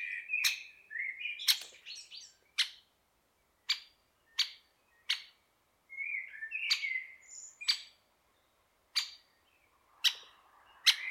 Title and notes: Great spotted woodpecker. Большой пёстрый дятел by deepsweet